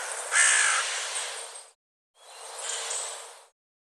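Bird with a loud raspy caw at the start, then after a short pause a softer stretch of calling.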